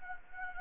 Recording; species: mosquito wingbeat signal from an infrared sensor; Anopheles arabiensis